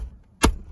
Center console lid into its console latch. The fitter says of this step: simply unlatch it just set that right back down there where it is and bang snaps